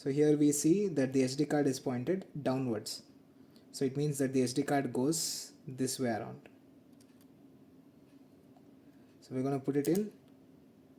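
Someone talks while lining up a microSD card, pointed downwards, with the card slot of a DJI Osmo Action 4 action camera before pushing it in. Only faint ticks are heard between the speech, around 7.0, 7.2, 8.6 and 10.3 seconds. Nothing has seated or clicked yet.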